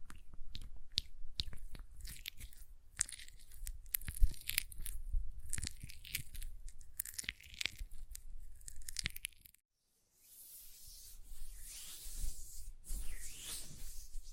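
Hand sounds with quick, crisp taps and clicks scattered densely through the first nine seconds, some sharp and bright. After a brief silence near ten seconds, a softer, wetter rubbing and smearing takes over, hissy and swelling, like lotion worked between the hands.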